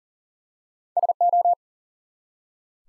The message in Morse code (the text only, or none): SO